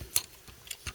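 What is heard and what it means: Two small plastic fin pieces on the chest of an SDCC 2012 Fall of Cybertron Generations Bruticus Onslaught action figure are flipped upward during its transformation into chest mode. Two sharp ticks at 0.2 s and 0.7 s mark each fin snapping into its raised position, followed by a softer tick near 0.9 s. Both fins pop up and seat in place.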